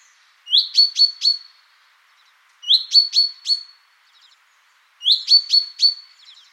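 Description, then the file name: Common chaffinch calls: three evenly spaced bursts of four bright, high-pitched chips, roughly two seconds apart, with silence in between. "Fringilla coelebs"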